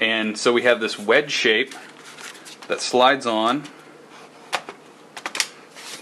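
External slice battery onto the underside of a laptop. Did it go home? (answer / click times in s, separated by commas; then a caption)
yes / 5.4 s. Someone talks while a wedge-shaped external slice battery is slid onto the underside of a ThinkPad X1 laptop. Several small clicks sound from about 4.5 s, with the loudest at 5.4 s as the battery snaps and locks into place, fully seated.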